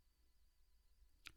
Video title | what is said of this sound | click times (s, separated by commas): NEMO INSTALLATION VIDEO | once complete pull the rear cable hanger upward until the hook snaps | 1.3 s